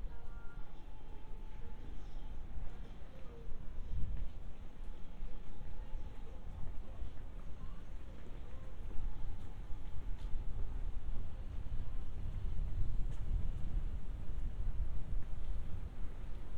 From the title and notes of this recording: 3D AUDIO Walking in Funabashi, Chiba,Japan. Let's take a walk together around Funabashi station, Chiba. Binaural audio.